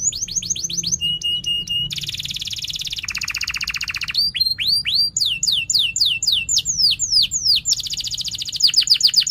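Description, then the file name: Canary singing a rapid medley of high chirps, buzzy rolls, ticking notes and downward-sweeping whistles, each phrase repeated several times quickly. Canary singing persistently (gacor) with 'cuit cuit' chirps and sharp rolling trills ('ngerol tajam'). "Suara Kenari Gacor Cuit Cuit Ngerol Tajam"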